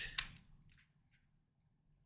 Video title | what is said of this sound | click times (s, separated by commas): Friday Features onAmazon Live Hosted by James with Giveaway | and then it locks into place and then you put it away and you're done | 0.2 s